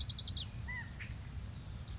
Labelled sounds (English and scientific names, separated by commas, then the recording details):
California Quail (Callipepla californica)
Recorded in Sonoma County, California